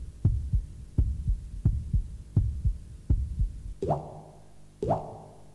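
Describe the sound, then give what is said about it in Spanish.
Water drips from a leak at a steady pace, first as a run of dull, low thuds, then as two louder, ringing plops that rise in pitch. There is no talking. “Prepara las fugas de agua apenas aparezca.”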